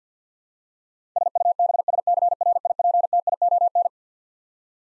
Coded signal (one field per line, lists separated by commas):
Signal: Morse code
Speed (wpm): 48 wpm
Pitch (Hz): 700 Hz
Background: none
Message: SUBSCRIPTION